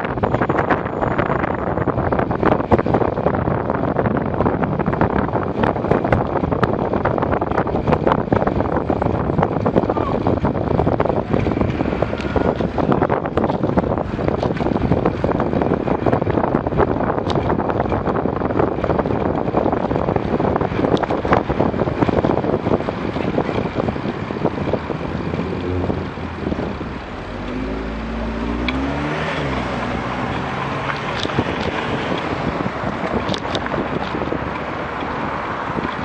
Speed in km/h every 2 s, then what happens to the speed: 27, 26, 26, 22, 16, 18, 22, 25, 25, 22, 20, 16, 8, 11, 16, 16, 16, 14.
0-5 steady at about 26. 5-8 slows to 16. 8-16 speeds up to 25. 16-24 slows to 8. 24-36 steady at about 14.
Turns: none.